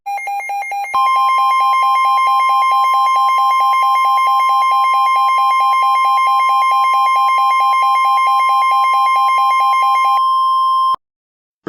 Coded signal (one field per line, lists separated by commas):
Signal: Emergency Alert System (SAME) tones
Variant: 1050 Hz attention tone